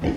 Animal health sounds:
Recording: pig call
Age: growing-finishing pig (85 days or more)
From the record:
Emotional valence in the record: negative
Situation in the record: barren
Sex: female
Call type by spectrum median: low-frequency call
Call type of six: low-frequency modulated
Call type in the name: low-frequency modulated, not sure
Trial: 2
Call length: 0.17 s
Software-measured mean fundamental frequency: 46 Hz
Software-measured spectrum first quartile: 170 Hz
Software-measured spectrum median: 304 Hz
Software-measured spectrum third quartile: 556 Hz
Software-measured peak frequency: 303 Hz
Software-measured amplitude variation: 115 dB a second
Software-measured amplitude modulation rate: 17.1 a second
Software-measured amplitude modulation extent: 6.7 dB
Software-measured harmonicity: -0.5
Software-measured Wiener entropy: -0.80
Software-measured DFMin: 892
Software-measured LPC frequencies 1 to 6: 2033, 3000, 4308, 5036, 5749, 6404 Hz

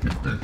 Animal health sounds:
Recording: pig call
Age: growing-finishing pig (85 days or more)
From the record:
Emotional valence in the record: positive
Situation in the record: run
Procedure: transit

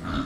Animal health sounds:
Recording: pig call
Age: growing-finishing pig (85 days or more)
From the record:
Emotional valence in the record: negative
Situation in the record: barren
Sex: female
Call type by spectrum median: low-frequency call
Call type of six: low-frequency modulated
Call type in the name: low-frequency modulated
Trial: 3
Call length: 0.26 s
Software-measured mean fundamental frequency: 66 Hz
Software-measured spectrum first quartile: 201 Hz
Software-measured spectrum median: 493 Hz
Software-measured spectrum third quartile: 1522 Hz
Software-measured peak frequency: 273 Hz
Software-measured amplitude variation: 110 dB a second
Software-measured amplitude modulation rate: 23.3 a second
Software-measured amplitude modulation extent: 4.7 dB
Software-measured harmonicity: 1.9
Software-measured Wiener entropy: -1.35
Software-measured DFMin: 906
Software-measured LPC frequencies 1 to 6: 1324, 3659, 5183, 6423, 7159, 9441 Hz

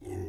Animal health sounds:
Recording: pig call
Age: weaner (32 to 43 days)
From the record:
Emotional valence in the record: positive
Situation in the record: positive conditioning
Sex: female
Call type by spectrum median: low-frequency call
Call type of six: low-frequency stable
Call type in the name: low-frequency stable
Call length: 0.29 s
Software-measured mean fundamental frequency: 56 Hz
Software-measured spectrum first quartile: 101 Hz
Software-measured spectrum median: 278 Hz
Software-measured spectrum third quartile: 445 Hz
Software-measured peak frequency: 365 Hz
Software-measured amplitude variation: 111 dB a second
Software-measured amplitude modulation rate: 27.2 a second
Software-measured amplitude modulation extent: 4.1 dB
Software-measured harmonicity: 1.3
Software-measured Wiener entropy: 0.00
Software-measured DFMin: 781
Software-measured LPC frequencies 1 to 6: 358, 1956, 2675, 3474, 4750, 5749 Hz

